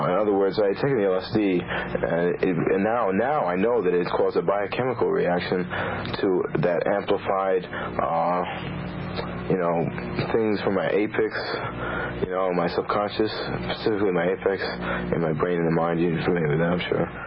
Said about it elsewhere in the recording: Deviant verbalization is using a word or phrase in a way that sounds stilted or peculiar peculiar word usage seems to be a trait characteristic of the thought disorder of schizophrenics. It occurs during acute psychotic episodes and also during remissions.